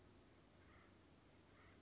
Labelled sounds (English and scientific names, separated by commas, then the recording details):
Acorn Woodpecker (Melanerpes formicivorus)
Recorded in Sonoma County, California